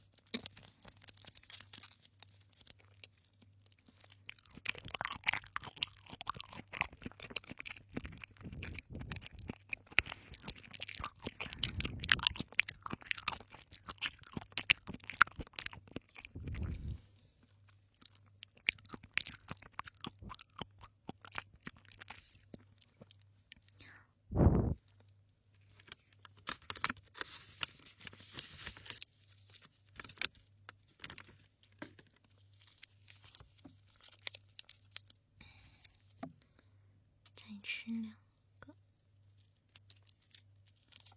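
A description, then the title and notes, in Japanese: Chewing sounds, with dense bursts of crunchy, crackling bites between about 5 and 17 seconds, then sparser wet clicks and smacks through the rest. A single sharp thud lands near 24 seconds. A low steady hum runs underneath throughout. Q软~ 咀嚼音。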